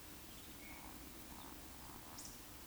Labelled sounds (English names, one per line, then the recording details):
Eurasian Woodcock whistle
Eurasian Woodcock croak
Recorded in Baden-Württemberg, Germany, on 16 June 2021 at 19:57 UTC
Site 20675, 466 m above sea level